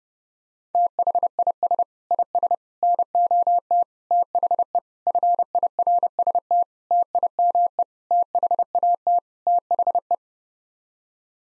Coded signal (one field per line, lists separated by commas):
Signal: Morse code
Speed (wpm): 32 wpm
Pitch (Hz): 700 Hz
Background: none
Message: THIS IS NOT THE FIRST TIME THAT THE